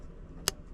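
During a 2010–2014 Mustang steering wheel install, the first of two color-coded plugs (black and gray) is pushed into the steering wheel connector. A single sharp, bright click is heard at 0.5 s over a low, steady background hum. The plug is seated and clicked into place.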